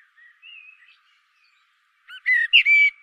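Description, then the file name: Common blackbird song: faint soft whistles early on, then a loud, clear fluted phrase in the final second. "Turdus merula"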